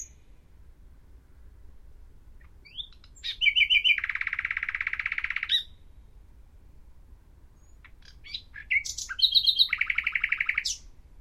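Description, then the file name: Common nightingale song with two long, rapid rattling trills, each led in by sharp rising notes, separated by about three seconds of near silence. "Luscinia megarhynchos"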